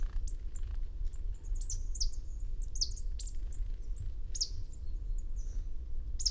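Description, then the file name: Marsh tit uttering scattered thin, high chips and short slurred calls, somewhat faint, above a persistent low rumble. "Poecile palustris"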